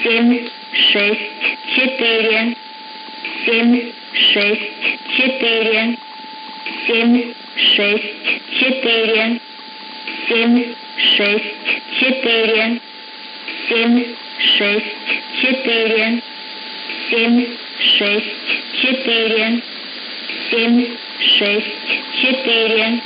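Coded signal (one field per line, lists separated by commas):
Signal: numbers station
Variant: S06s Russian Lady, Russian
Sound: female voice reading short evenly spaced words, like numbers, over a steady whine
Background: radio hiss, carrier whine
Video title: 02 08 2021 Number station S06s Russian Lady in Russian to Eu 0840 on 9353 unknown tx site in CUSB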